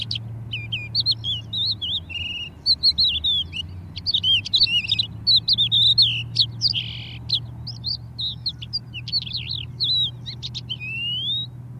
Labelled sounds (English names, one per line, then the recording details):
Crested Lark song
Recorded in the wild
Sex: male
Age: adult
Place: Erlangen, OT Schallershof, Bayern, DE
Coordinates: 49.5869, 10.9783
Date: 1967-04-13
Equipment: Vollspur, Original
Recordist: Tretzel, Erwin